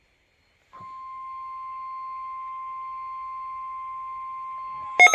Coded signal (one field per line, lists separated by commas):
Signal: Emergency Alert System (SAME) tones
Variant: 1050 Hz attention tone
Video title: SIREN TIMING FAILURE? | Required Weekly Test (EAS #22)